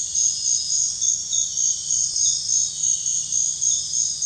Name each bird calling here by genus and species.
none